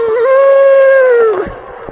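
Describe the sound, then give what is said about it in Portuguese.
A dog lets out one long, loud howl, holding a steady mid-pitched, harmonic-rich tone for over a second before it dips and fades into quiet. “Cachorro deu uma levantada na cabeça e disse...”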